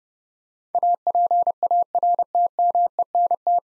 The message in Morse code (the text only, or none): APARTMENT